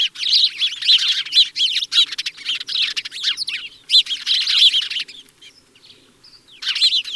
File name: Passer domesticus